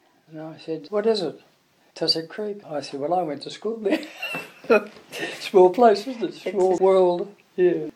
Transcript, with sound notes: And I said, “What is it?” “Titri Creek.” I said, “Well I went to school there.” [Chuckle] Small place, isn’t it? Small world. Yeah.